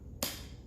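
The reset button on the right of the combination lock on a Nintendo Switch carrying case is pressed again after a new code has been dialed. A single sharp click sounds at 0.2 s over a steady low background. The button clicks back out of reset mode and the lock is released.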